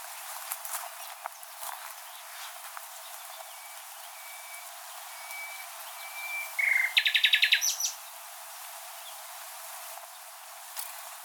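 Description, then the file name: Common nightingale song: a slow series of pure whistled notes swelling in loudness, then a sudden loud rattling trill with sharp high notes, over quiet background hiss. "Luscinia megarhynchos"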